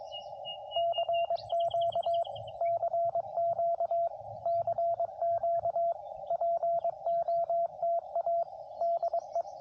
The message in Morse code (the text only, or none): CQ CQ CQ POTA DE